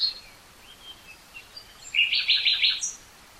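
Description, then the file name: Common nightingale song: soft scattered whistles lead into a loud, rapid, rattling trill near the end, over a light background hiss. "Luscinia megarhynchos"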